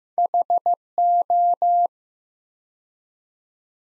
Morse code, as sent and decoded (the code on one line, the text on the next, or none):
.... ---
HO